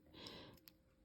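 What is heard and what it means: A fabric strip is pulled flat through a plastic jelly roll rug folding tool, making a soft rustling from about 0.1 to 0.5 s with a faint tick near 0.3 s. The plastic top piece is then lined up with the groove and snaps on with a sharp, short click at 0.7 s, seating it in place.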